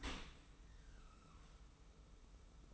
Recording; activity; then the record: daily activity, microphone in the room; open dishwasher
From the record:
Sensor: 1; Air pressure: 991.3 hPa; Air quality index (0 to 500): 123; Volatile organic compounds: 251 ppm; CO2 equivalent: 4365 ppm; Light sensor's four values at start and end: 41/127/50/52 and 41/127/50/52